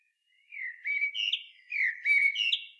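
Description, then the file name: Common blackbird singing a smooth, melodious whistled phrase, rising and falling, with thin high notes mixed into the warble. "Turdus merula"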